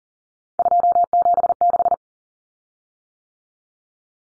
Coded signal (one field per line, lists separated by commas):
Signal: Morse code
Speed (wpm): 40 wpm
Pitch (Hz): 700 Hz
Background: none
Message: 276